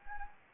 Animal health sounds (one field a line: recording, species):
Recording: mosquito wingbeat signal from an infrared sensor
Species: Anopheles gambiae